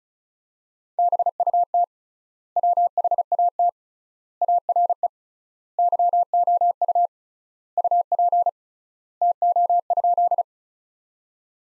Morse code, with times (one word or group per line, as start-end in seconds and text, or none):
1.0-1.8 BUT
2.6-3.7 WHAT
4.4-5.1 ARE
5.8-7.1 YOU
7.8-8.5 UP
9.2-10.4 TO?